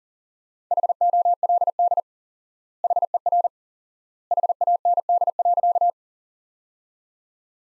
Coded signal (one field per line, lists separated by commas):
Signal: Morse code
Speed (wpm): 40 wpm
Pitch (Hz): 700 Hz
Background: none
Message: HOLD HER HAND.